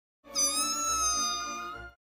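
Domestic cat giving one long, steady, rich-toned meow lasting nearly two seconds, fading slightly at the end.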